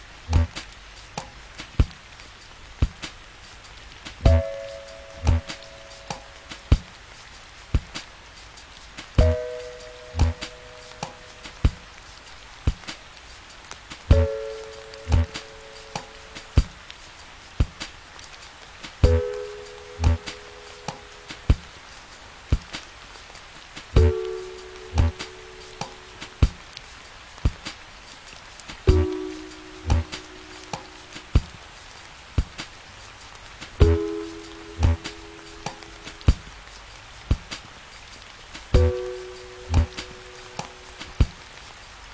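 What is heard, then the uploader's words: Music with rain sounds: a steady hiss of rain runs throughout, punctuated by frequent sharp taps and drips. About every five seconds a soft two-note chord rings for a couple of seconds, its pitch stepping gradually lower before lifting again near the end. Music w/ Rain Sounds.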